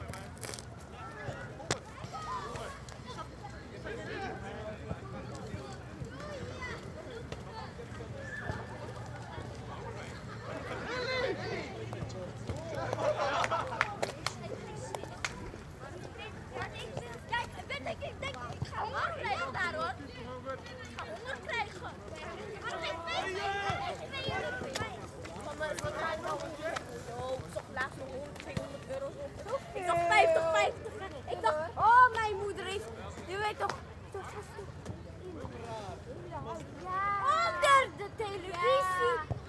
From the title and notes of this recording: People playing soccer on public sports fields in Schiehaven, Rotterdam. April.